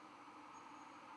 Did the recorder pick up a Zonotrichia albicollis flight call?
no